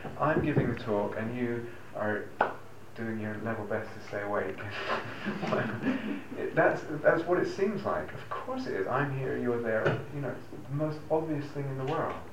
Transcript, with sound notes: I'm giving the talk. And you are doing your level best to stay awake." [laughter] That's what it seems like. Of course it is: I'm here. You're there. You know, it's the most obvious thing in the world.